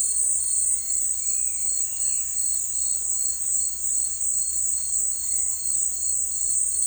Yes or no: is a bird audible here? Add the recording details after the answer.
no. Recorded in dense forest near Puerto Asís, Putumayo, Colombia, on 20 February 2024 at 17:30. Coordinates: 0.484, -76.317. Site G6464